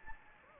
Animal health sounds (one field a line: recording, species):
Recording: mosquito wingbeat signal from an infrared sensor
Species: Anopheles gambiae